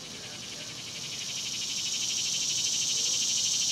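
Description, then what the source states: Cicadas give a continuous shrill buzzing chorus with fast regular pulsing, growing gradually louder throughout. Outdoors at dusk.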